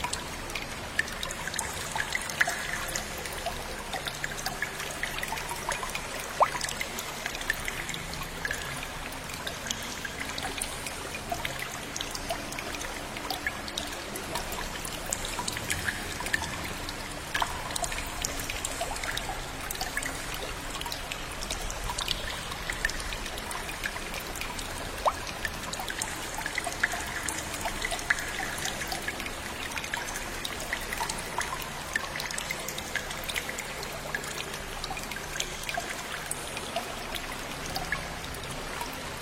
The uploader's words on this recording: Quiet cave, listen to the ethereal stream water and the echo of the cave.